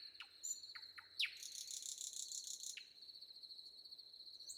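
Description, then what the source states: Common nightingale song: sharp, separate notes, then a loud buzzy rattle lasting over a second, over a steady high cricket trill. Recorded with wind and crickets in the background.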